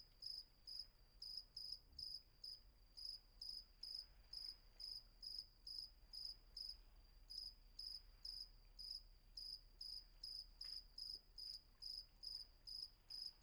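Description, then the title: Cricket chirping in a long, steady series of high pulsed bursts, two or three each second, with a continuous faint high hum. Night atmosphere at Vagia, Patmos, Greece; recorded with Fostex FR-2 and MKH800 microphone. "Patmos, Vagia, Griechenland - Nachtsimmung 03, Grillen"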